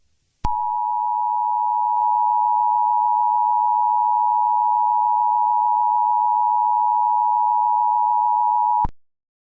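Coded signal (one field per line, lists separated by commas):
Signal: Emergency Alert System (SAME) tones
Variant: 853 and 960 Hz attention tone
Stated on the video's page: Fictional EAS scenario.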